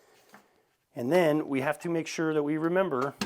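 During reassembly of a Daewoo DR200 rifle, a part is pushed forward with a thumb, freeing the upper and lower receiver so the upper receiver can be closed onto the lower. A single light metallic click at 0.3 s marks the receiver halves seating together, followed by someone talking.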